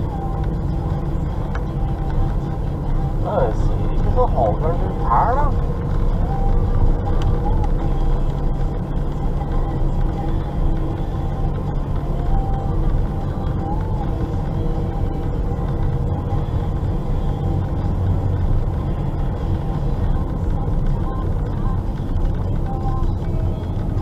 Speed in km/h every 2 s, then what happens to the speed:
38, 37, 38, 37, 38, 37, 38, 38, 38, 38, 39, 38.
0-24 steady at about 38.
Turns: none.